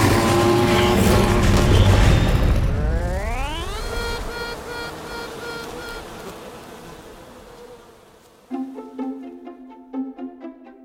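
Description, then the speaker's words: Honey bee queen piping: a tone sliding upward, then held steady and fading, followed by short repeated toots; loud buzzing noise at the start. Queen piping, made when the colony gets too big and is about to split; a battle cry signalling the queen is ready to fight other queens in the hive. "This piping sound is a battle cry, signaling that the queen is ready to fight to the death with any other queens in the hive."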